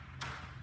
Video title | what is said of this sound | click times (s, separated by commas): Journey Group Safety Series (1) - Ladder Safety | locks in place and use this way now | 0.2 s